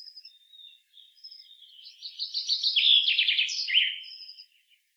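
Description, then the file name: Common chaffinch singing a descending trill of sweet notes that ends in a quick flourish, preceded by thin high notes and soft chirps. "Fringilla coelebs"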